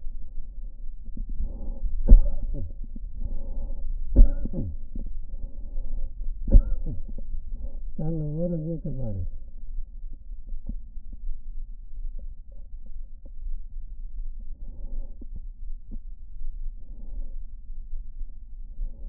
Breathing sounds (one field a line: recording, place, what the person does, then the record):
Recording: lung sounds by stethoscope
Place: right anterior apical chest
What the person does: quiet breathing, then cough and speech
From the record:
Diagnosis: COPD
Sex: male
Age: 77 years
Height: 172 cm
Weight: 85.2 kg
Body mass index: 28.8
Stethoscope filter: diaphragm mode